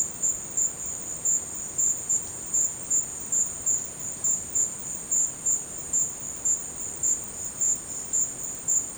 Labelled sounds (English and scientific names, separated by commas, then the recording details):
none
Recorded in dense forest near Puerto Asís, Putumayo, Colombia, on 23 June 2025 at 14:30
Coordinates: 0.484, -76.317
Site G045